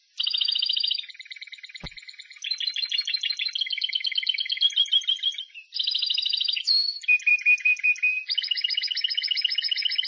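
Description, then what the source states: Canary song made of pure, rolling trills that switch every second or two between rapid pulsed phrases and smoother tones, with one short click early on. Timbrado canary song.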